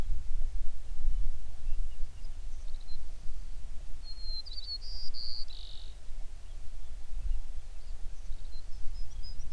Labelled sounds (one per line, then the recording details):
songbird
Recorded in the Prudhoe Bay oil fields, Alaska, on 11 June 2019 at 05:12
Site 21